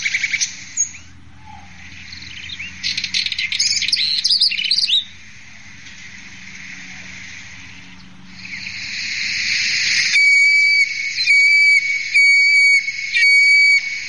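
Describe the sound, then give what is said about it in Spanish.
A whistling heron calls with high, thin whistles, first drawn-out and wavering, then a rapid series of repeated piping notes toward the end, with a steady low hum underneath. “Chiflón.”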